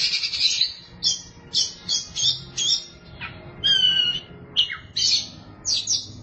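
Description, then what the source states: Oriental magpie-robin singing short scratchy bursts broken by a few ringing whistled notes, the phrases coming in quick succession with brief pauses. Song of the kacer.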